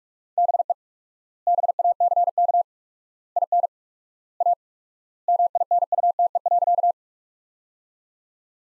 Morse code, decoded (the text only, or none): BE BACK IN A MINUTE.